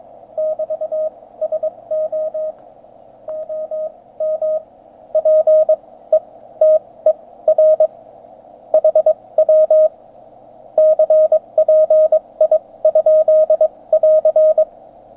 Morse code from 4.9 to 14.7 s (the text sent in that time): PETER HW CPI?<AR>